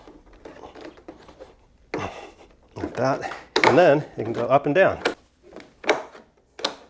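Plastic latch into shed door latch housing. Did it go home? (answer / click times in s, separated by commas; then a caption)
yes / 1.9 s. A plastic door latch is pressed hard into its latch housing on a shed door and snaps into place with a sharp click at 1.9 seconds. Someone talks before and after, with a few light knocks and taps around the speech.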